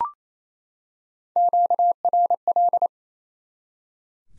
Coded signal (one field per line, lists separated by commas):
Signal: Morse code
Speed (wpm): 28 wpm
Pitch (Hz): 700 Hz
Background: none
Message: QRL